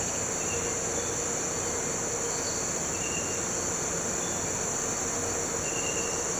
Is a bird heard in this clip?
no